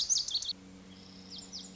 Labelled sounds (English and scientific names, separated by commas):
Lazuli Bunting (Passerina amoena)